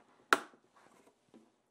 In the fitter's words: Did you hear that? You can see it's nice and flush now.